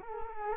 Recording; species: mosquito wingbeat signal from an infrared sensor; Culex quinquefasciatus